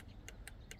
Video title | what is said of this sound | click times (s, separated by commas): 2014 Ford Fusion spark plug replacement | and then you'll hear like a little clicking action | 0.3 s, 0.5 s, 0.7 s